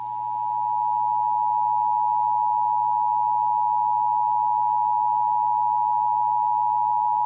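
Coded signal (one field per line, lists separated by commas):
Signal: Emergency Alert System (SAME) tones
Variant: 853 and 960 Hz attention tone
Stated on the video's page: Texas required monthly test EAS tones heard on multiple radio and TV stations including WBAP AM and FM.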